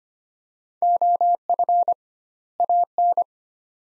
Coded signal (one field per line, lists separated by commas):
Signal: Morse code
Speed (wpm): 25 wpm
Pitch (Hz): 700 Hz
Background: none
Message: OF AN